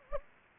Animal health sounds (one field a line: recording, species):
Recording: mosquito wingbeat signal from an infrared sensor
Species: Anopheles gambiae